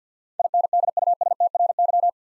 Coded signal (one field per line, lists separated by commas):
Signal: Morse code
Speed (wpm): 48 wpm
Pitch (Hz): 700 Hz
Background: none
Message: INDUSTRY